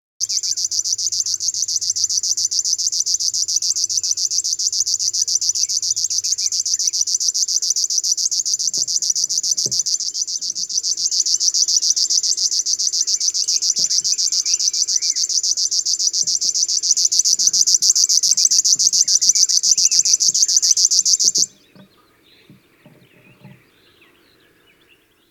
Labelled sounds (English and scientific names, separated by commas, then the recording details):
River Warbler (Locustella fluviatilis) song
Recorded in the wild
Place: Schönfeld, Brandenburg, DE
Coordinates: 53.396, 14.006
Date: 1993-05-17 20:09
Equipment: Nagra III BH, Sennheiser MD 21, parabola
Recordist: Schubert, Michael